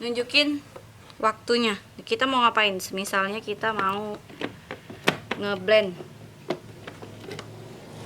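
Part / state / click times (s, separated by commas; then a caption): blender jar onto food processor motor base / not seated / none. A plastic blender jar is being fitted and twisted onto a food processor motor base. Someone talks, then short handling knocks and taps are heard. Nothing has seated or clicked yet.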